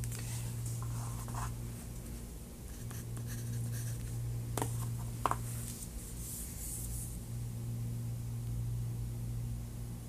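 Sketching sounds: short, scratchy pencil strokes come in loose bursts through the first seven seconds, with two sharper taps near the middle. Beneath them runs a steady low hum that never changes, and the strokes thin out toward the end.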